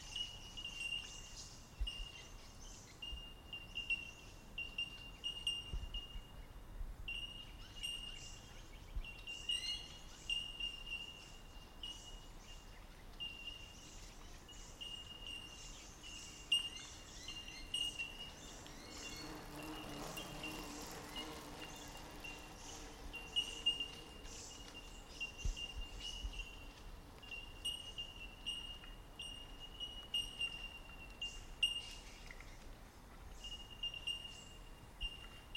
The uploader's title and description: Fernleigh Track Bellbirds. That special stretch of the Fernleigh Track where the bellbirds abound all around.